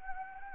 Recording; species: mosquito wingbeat signal from an infrared sensor; Anopheles gambiae